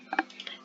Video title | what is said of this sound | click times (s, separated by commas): Clase Cirugía Colónica: Parte I -Técnicas Quirúrgicas I -IFSSA Neuquén 2020 | después habrá escuchado pero bueno hace un clic si eso tiene que estar totalmente unido | 0.2 s